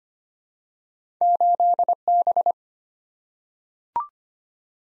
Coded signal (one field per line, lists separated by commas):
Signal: Morse code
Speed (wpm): 25 wpm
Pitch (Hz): 700 Hz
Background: none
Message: 8B